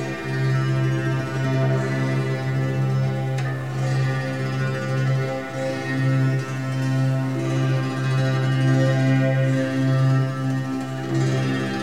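Soft ringing notes from a walnut fuxin qin in C major overlap into a steady, sustained wash of tone, with a warm low note humming beneath higher shimmering ones. Notes swell gently every second or two, and a single sharp tap sounds near three and a half seconds.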